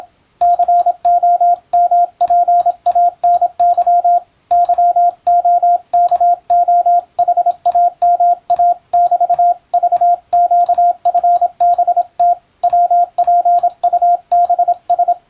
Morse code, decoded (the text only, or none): COMPANY YOKOHAMA<BT>VQFBT WPUBS